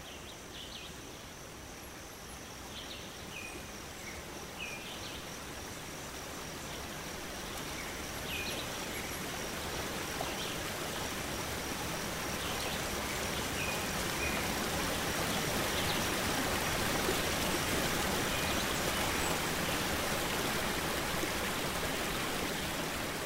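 Rain-like hiss fills a tree canopy soundscape, a dense, even wash that slowly grows louder over the clip. Short bird chirps break through now and then, and a thin, steady high insect whine runs underneath throughout.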